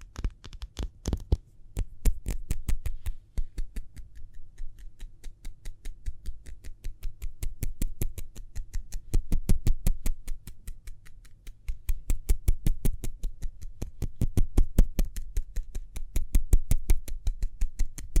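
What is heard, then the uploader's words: Quick hand sounds, sharp taps and light clicks, repeat in a fast, fairly even run for the whole stretch. The strikes bunch into denser flurries around the middle and near the end. A soft, low rustle sits underneath between the hits. ASMR Speedy Hand Sounds (No Talking).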